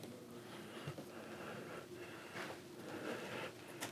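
Black electrical connectors on the liftgate strut (trunk drive motor) wiring harness of a 2019–2026 BMW G05 X5 / G06 X6 are clipped into their mating plugs on the body harness, following the white connector. Two sharp clicks are heard at 0.0 s and 3.8 s over a low background with rustling handling noise in between. Both connectors seat.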